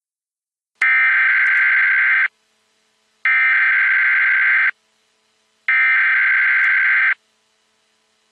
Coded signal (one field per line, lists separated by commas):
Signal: Emergency Alert System (SAME) tones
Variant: header bursts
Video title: EAS Emergency: Deadly Soda (Nine EAS Alerts!)